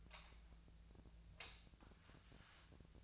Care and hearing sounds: daily activity, microphone in the room; light on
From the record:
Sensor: 2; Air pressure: 1009.6 hPa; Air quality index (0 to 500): 181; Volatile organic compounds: 10 ppm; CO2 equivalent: 2255 ppm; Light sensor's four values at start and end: 27/66/29/31 and 32/84/36/38

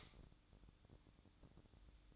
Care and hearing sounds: daily activity, microphone in the room; light off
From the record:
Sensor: 3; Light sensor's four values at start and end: 12/33/14/12 and 9/21/8/8

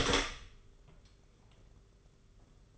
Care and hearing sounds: daily activity, microphone in the room; open door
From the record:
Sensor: 4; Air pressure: 991.2 hPa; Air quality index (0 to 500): 134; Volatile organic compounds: 48 ppm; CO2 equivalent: 3267 ppm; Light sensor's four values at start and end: 9/22/8/9 and 14/35/13/15

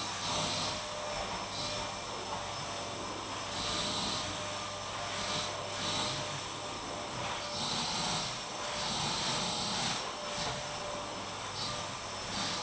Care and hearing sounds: daily activity, microphone in the room; vacuum cleaning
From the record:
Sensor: 1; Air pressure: 1000.2 hPa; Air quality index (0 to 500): 139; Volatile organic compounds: 2 ppm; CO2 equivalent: 1307 ppm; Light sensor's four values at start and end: 33/83/35/43 and 33/83/35/43

